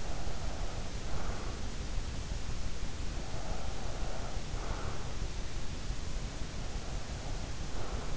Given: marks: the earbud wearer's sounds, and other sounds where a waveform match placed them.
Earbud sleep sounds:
sounds in sleep by an in-ear microphone; breath
0.00-2.05 s: breath
3.02-5.37 s: breath
6.63-8.17 s: breath

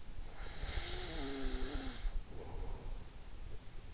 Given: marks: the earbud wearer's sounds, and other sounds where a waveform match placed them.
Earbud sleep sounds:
sounds in sleep by an in-ear microphone; snoring breath
0.16-3.47 s: snoring breath

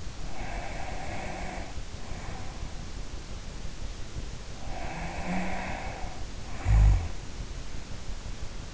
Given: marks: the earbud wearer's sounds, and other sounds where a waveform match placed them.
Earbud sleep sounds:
sounds in sleep by an in-ear microphone; breath, snoring breath
0.00-2.82 s: breath
4.41-7.31 s: snoring breath

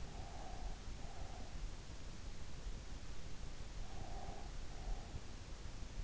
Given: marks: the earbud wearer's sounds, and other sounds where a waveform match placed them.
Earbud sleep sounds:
sounds in sleep by an in-ear microphone; breath
0.00-1.60 s: breath
3.76-5.21 s: breath

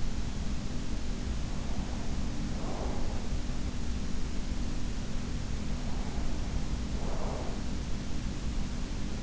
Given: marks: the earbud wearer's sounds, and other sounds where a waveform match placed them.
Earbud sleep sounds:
sounds in sleep by an in-ear microphone; breath
0.97-3.48 s: breath
4.50-9.23 s: breath

